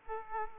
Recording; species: mosquito wingbeat signal from an infrared sensor; Aedes aegypti